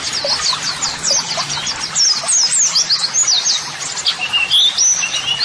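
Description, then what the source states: White-eye song: fast, high twittering notes merging into a rolling chatter, ending with a few clearer drawn-out whistles. White-eye (pleci) singing vigorously ('gacor'); song used as a model for training other birds.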